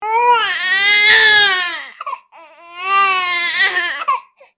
Baby cry.